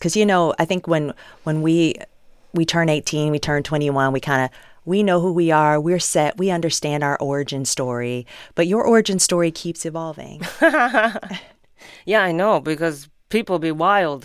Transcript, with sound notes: Because, you know, I think when we turn 18, we turn 21, we kind of - we know who we are. We're set. We understand our origin story. But your origin story keeps evolving.
(Laughter) Yeah, I know, because people be wild.